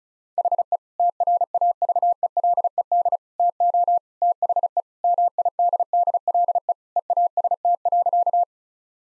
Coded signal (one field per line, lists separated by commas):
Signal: Morse code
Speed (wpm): 36 wpm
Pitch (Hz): 700 Hz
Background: none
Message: HE TRAVELED TO THE MIDDLE EAST.